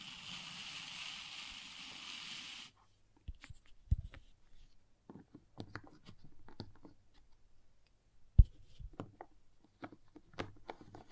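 Crayons scrape steadily across paper for the first three seconds, a dense, hissing stroke with a low rumble under it. After a pause come scattered taps and short scratching strokes, irregularly spaced, with one sharp, loud tap near eight and a half seconds.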